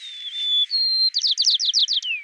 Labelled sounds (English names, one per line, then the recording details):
White-crowned Sparrow song
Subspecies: nuttalli
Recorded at Commonweal, California, in 2014
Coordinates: 37.911, -122.724
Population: north
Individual comwOK-MS_14